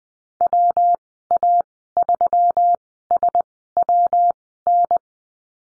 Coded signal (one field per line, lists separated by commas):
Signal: Morse code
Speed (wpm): 20 wpm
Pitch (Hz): 700 Hz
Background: none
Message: WA3SWN